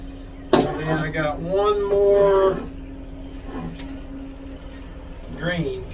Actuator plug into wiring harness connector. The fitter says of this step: you push them and they click you push them in they click you hear them so you know they're they're seeing properly